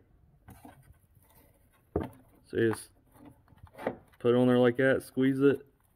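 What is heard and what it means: Ratcheting hose clamp pliers are put on the ears of a spring hose clamp on an engine hose of a 2015 VW Jetta and squeezed, meant to ratchet and lock the clamp open so it can be slid along the hose. Faint handling taps and a sharp tap near 2.0 s are heard while someone talks. Nothing has seated or clicked yet.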